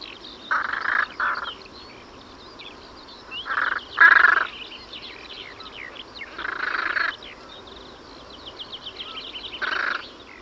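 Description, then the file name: Carrion crow calling with rasping caws, some in pairs, spaced a few seconds apart, over a steady backdrop of high chirping songbirds. "Corvus corone"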